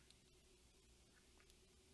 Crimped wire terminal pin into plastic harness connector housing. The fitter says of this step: so I just push and heard it click and it's firm and ready to go